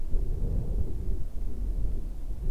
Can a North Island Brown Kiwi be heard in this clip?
no